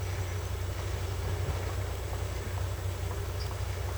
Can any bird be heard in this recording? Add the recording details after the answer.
no. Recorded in secondary vegetation near Puerto Asís, Putumayo, Colombia, on 16 December 2024 at 09:30. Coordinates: 0.468, -76.324. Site G095